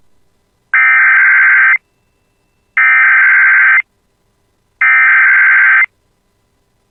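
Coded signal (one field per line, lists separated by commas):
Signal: Emergency Alert System (SAME) tones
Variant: header bursts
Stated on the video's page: Tornado Warning alert; future-dated, apparently not a real broadcast.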